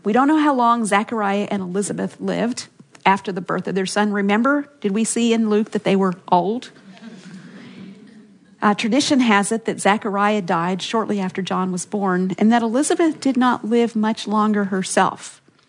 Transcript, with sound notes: We don’t know how long Zechariah and Elizabeth lived after the birth of their son. Remember, did we see in Luke that they were old? (laughter) Tradition has it that Zechariah died shortly after John was born, and Elizabeth did not live much longer herself.